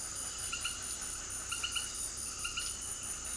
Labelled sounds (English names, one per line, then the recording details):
none
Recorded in dense forest near Puerto Asís, Putumayo, Colombia, on 19 February 2024 at 18:00
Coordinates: 0.481, -76.318
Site G6421